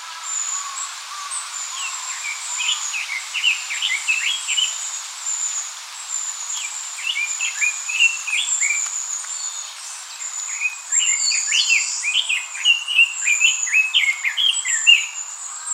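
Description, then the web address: Eastern crowned warbler song, quick groups of chirpy notes in bursts several seconds long, with a steady high insect-like hiss behind throughout. Recorded 29 April 2014. "birdenaga sendaimusikui S 140429"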